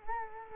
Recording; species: mosquito wingbeat signal from an infrared sensor; Culex quinquefasciatus